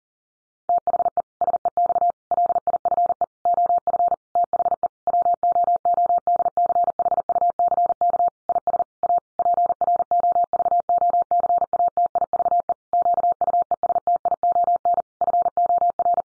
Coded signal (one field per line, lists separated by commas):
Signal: Morse code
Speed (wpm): 40 wpm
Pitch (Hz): 700 Hz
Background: none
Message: THE SEX LIFE OF THE WOODCHUCK IS A PROVOCATIVE QUESTION FOR